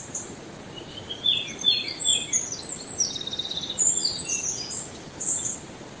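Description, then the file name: Eurasian wren, a fast, loud, tumbling song of very high notes and buzzy trills running almost without pause, with steady background noise. "Troglodytes troglodytes"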